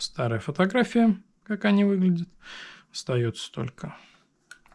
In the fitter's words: Встают они легко со щелчком.